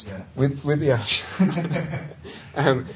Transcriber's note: laughter